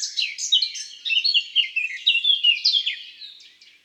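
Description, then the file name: A thrush nightingale gives a fast chain of high, slurred chirps that tapers off at the end. Calls in the countryside. "Rossignol philomele cris Chants doiseaux dans la campagne"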